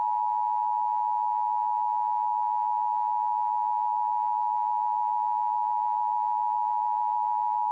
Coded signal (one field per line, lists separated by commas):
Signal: Emergency Alert System (SAME) tones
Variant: 853 and 960 Hz attention tone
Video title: *READ DISCRIPTION* EAS Mini Scenario - The Second Coming